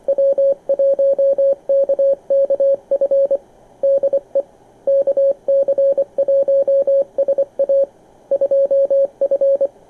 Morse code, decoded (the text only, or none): W1KKF DE KC1SA 2F